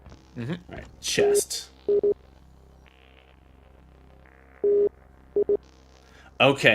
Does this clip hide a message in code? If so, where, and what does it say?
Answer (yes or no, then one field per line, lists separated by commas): no